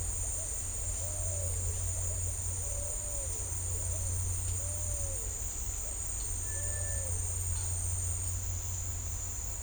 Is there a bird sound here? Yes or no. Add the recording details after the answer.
yes. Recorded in dense forest near Puerto Asís, Putumayo, Colombia, on 15 December 2024 at 15:00. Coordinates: 0.503, -76.323. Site G043